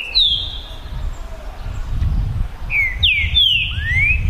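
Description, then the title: Green-winged saltator song: short whistled notes, then a burst of falling and rising slurred whistles, over steady low background noise. Green-winged saltator song contest between birds named Naval and Demolidor, 2022 season; singing and displaying as males in competition. "TRINCA Piando, Cantando E Macheando Na DISPUTA. ISSO SIM!! É UMA DISPUTA DE TRINCA FERRO PERFEITA!! NAVAL VS DEMOLIDOR 2022! TEMPORADA 2022!"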